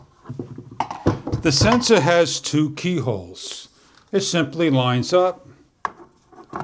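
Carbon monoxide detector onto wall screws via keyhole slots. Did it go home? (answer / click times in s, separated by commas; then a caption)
yes / 5.8 s. Someone talks while the two rear keyholes of an X-Sense 3-in-1 carbon monoxide detector with voice alerts are lined up over screws left protruding about 2 mm from the wall, and the detector is pushed down. A sharp snap is heard at 5.9 s as the detector locks into place on the wall mount.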